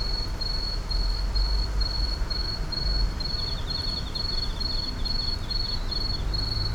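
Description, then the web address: Insects chirping in steady repeated bursts, with a second rapid ticking caller entering partway through, over a low droning rumble. Numerous insects calling at night in an urban park. "boom library Urban and Suburban Urban park night insects numerous"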